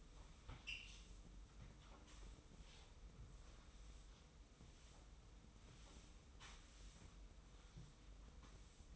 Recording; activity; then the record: daily activity, microphone in the room; sweep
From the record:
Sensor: 1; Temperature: 25.3 degrees Celsius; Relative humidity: 44.0%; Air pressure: 990.5 hPa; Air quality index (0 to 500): 177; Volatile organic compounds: 1000 ppm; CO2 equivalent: 6527 ppm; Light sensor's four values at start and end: 29/67/29/31 and 29/68/29/32